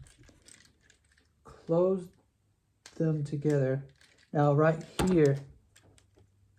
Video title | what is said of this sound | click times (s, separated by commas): Transformers Collection - Mixmaster! | on both sides, they need to kind of connect like that to where you snap into place. | 6.0 s